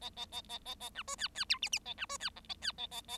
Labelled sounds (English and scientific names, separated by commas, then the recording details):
Bengalese Finch (Lonchura striata domestica) song
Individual Bird7